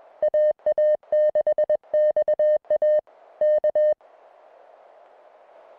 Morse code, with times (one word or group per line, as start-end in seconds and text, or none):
0.2-3.0 AA6XA
3.4-3.9 K